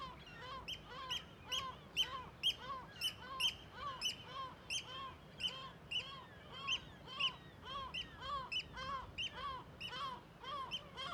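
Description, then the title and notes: Gull alarm calls, harsh notes repeated rapidly and continuously. Large cliff amphitheatre above Viðarlundin woodland, Kunoy, Faroe Islands; gulls alarmed at the recordist's approach; quadraphonic recording, MixPre6II with DPA 4021 and 4022 microphones. "Le Palais des mouettes . Grand Cirque . Kunoy, Îles Féroé. Iles Féroé, KUNOY, nous sommes au dessus la forêt de Viðarlundin í Kunoy, le Cirque est énorme et les mouettes et autres oiseaux se mettent en alerte"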